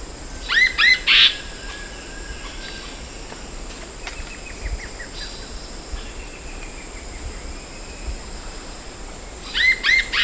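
Bird calls: quick phrases of three or four hooked, rising chirps followed by buzzy notes, heard at the start and again near the end over a steady high hiss.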